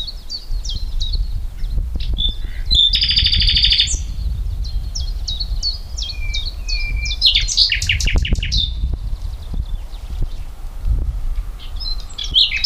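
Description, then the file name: Common nightingale song phrases of sharp high notes and a buzzy rattle over a steady low rumble of background noise. "Luscinia megarhynchos"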